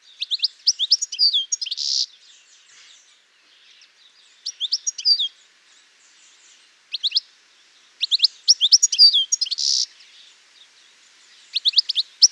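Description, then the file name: European goldfinch giving bursts of quick, liquid twittering notes with brief buzzy notes, in several spells separated by short quiet gaps. "Carduelis carduelis"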